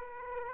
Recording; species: mosquito wingbeat signal from an infrared sensor; Aedes aegypti